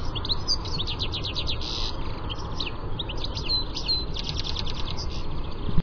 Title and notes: Lyden av en stilits by forskningno